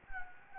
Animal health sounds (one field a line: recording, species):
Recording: mosquito wingbeat signal from an infrared sensor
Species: Anopheles gambiae